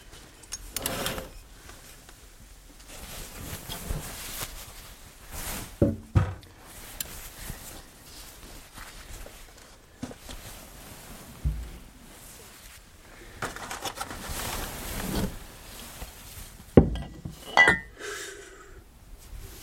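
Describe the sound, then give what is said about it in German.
Glass items clink and knock as they are taken from shopping bags and set down one after another in a wardrobe in a man's room, with rustling, thumps and the creak of a cupboard door amid irregular handling noises. “Er nimmt das Klirrzeug aus den Einkaufstaschen, stellt es in seinen Kleiderschrank in seinem Zimmer.”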